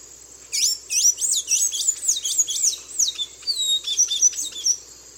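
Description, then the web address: Blue-gray tanager singing a fast, squeaky, twittering run of high wavering notes for about four seconds, with a steady insect drone underneath. Eastern lowlands of South America; part of a nature sounds collection. "ENTER Science Biology Natures Songs S America Eastern Lowlands Blue-gray Tanager"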